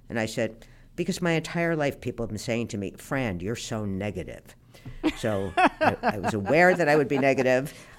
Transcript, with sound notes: And I said, because my entire life, people have been saying to me, Fran, you're so negative.
(Laughter).
So I was aware that I would be negative.